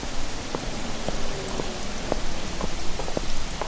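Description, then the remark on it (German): Steady rain falls on the streets of Geneva in a dense, hissing wash, with scattered sharp drips and patters popping out irregularly above the constant noise. No one speaks. “Trüben Gedanken hing er nach, als er durch das regennasse Genf trottete”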